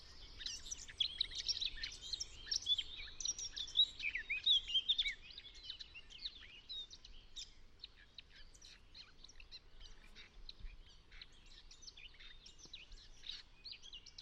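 Eurasian Blackcap song, a loud, rich warbling burst over the first five seconds, then softer scattered chattering phrases continuing to the end.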